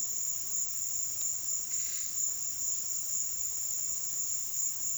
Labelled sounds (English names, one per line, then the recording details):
none
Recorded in pastures near Puerto Asís, Putumayo, Colombia, on 23 June 2025 at 15:00
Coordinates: 0.466, -76.322
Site GP07